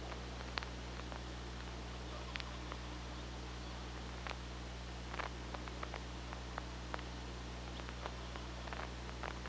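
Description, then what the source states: Killer whale clicks, sharp and irregular, spread throughout, under a continuous low hum and hiss. Recorded by OrcaLab hydrophone on 24 August 2017 at 15:43.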